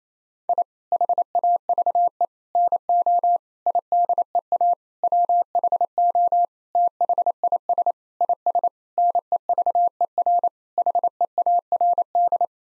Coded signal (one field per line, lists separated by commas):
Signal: Morse code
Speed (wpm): 28 wpm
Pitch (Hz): 700 Hz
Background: none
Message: I HAVE NO IDEA WHO THIS IS NEVER HEARD